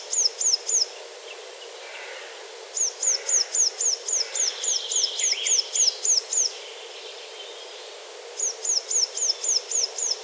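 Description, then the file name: Eurasian blue tit singing three runs of rapid, high, downslurred notes, the middle run longest, over faint background bird twitters. "Cyanistes caeruleus"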